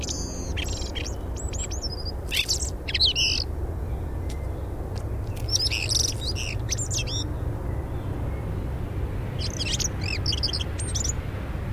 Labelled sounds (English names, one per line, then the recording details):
Common Blackbird song
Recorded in the wild
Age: adult
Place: Erlangen, Bayern, DE
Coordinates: 49.6028, 10.9819
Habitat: edge of the woods
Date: 1965
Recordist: Tretzel, Erwin